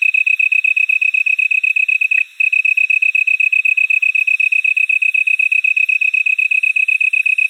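Tree cricket (Oecanthus longicauda): tree cricket song: a steady, fast pulsed trill on one high pitch, with a very brief break just after two seconds.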